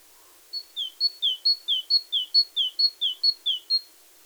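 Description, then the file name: Great tit song: a steady high-low two-note whistle, 'tea-cher', repeated about eight times in a brisk, even rhythm, with nothing else notable. "Parus major"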